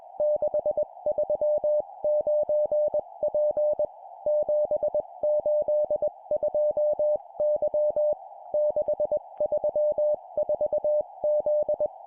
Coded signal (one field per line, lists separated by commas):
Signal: Morse code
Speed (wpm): 21 wpm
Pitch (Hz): 600 Hz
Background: music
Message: 639P 782Y 634Z